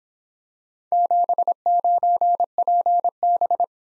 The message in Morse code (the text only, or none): 79PB